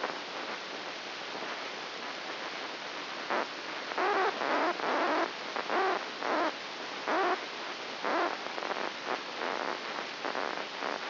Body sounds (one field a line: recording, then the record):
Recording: brain microelectrode recording played as sound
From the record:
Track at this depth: inside the subthalamic nucleus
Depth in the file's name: 4.001 mm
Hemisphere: right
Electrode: 2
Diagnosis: Parkinson's disease